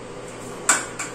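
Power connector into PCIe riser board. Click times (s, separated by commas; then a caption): 0.7 s. A power cable connector is pushed into a PCIe riser board on a GPU mining rig. A sharp click sounds at 0.7 s, followed by a softer tap at 1.0 s over a low steady hum. The connector clicks in and is seated firmly.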